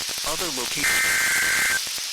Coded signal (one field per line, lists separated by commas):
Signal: Emergency Alert System (SAME) tones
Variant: header bursts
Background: speech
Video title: 2/27/23 | Severe Thunderstorm Warning on KXI94 [EAS #782]